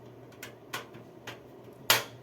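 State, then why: Seated. A metal rear I/O shield for a motherboard is pushed into the rear cutout of a PC case, and its sprung tabs with small bumps snap against the case frame. Snaps are heard at 0.4, 0.7 and 1.3 seconds, followed by a much louder final snap at 1.9 seconds. The shield is locked in place.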